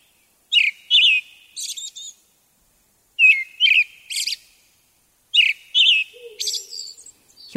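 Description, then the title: Brown-headed thrush song: three short phrases a few seconds apart, each of two or three clear whistled notes ending in a higher buzzy trill; a faint low note sounds during the third phrase, and a brief low sound comes at the very end. At Mount Tennyo, Yamanashi Prefecture, Japan. "天女山（山梨県）のアカハラ"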